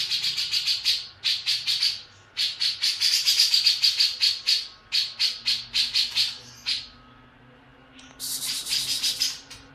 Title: Cucak Jenggot